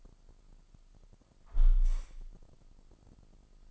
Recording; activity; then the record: daily activity, microphone in the room; close window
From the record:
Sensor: 5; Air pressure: 1004.7 hPa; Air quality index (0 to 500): 80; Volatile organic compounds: 1 ppm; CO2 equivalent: 964 ppm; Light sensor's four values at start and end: 33/78/31/30 and 33/78/31/30